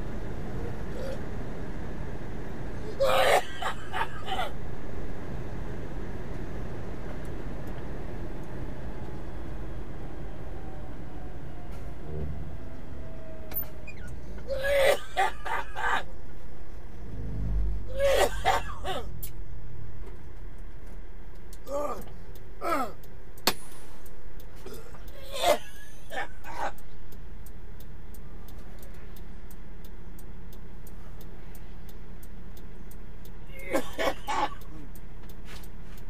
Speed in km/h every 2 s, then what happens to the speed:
108, 108, 109, 109, 98, 85, 76, 71, 55, 55, 42, 18, 3, 3, 0, 0, 0, 0.
0-7 steady at about 108. 7-27 brakes to 0. 27-36 standing.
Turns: none.